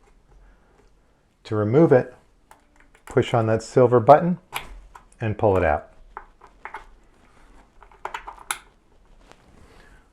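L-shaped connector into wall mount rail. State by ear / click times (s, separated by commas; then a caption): seated / 8.5 s. Someone talks while an L-shaped connector is removed from a wall mount rail by pressing its silver button and pulling it out, then pushed back in. Short handling taps follow around 6.2 to 6.8 seconds and again near 8.1 seconds. A sharp, loud click at 8.5 seconds marks the connector seating back in the rail.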